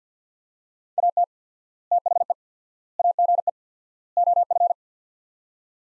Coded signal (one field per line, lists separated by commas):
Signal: Morse code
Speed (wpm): 50 wpm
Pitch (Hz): 700 Hz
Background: none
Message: AT THE AGE OF